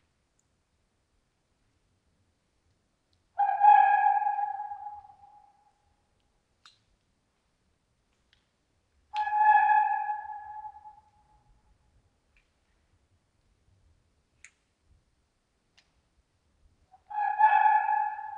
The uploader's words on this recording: Red Fox Activity at Night. Recording in winter, or what northern Michigan is giving us for a winter, requires patience and a lot of failed attempts. Then I saw another one and a minute later, started hearing them yip.